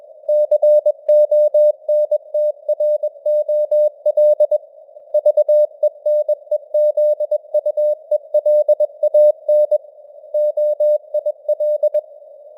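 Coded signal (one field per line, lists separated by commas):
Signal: Morse code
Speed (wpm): 21 wpm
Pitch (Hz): 600 Hz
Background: none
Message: CONTROL VENEZUELAN OIL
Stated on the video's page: Morse news headlines at 21 wpm with simulated radio noise and varying signal strength (QSB).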